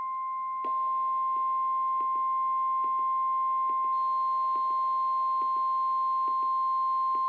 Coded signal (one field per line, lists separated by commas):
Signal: Emergency Alert System (SAME) tones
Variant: 1050 Hz attention tone